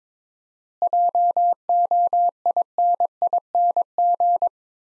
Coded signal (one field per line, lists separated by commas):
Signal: Morse code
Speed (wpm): 22 wpm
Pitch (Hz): 700 Hz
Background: none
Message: JOINING